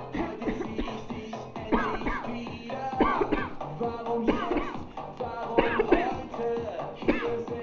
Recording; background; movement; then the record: voluntary coughing; music; sitting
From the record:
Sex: female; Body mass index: 36.4 kg/m2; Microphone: on the chest, facing outward